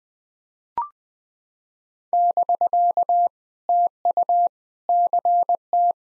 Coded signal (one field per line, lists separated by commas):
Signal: Morse code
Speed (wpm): 21 wpm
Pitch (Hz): 700 Hz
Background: none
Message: <BK> TU CT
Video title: POTA QSO Practice - 20wpm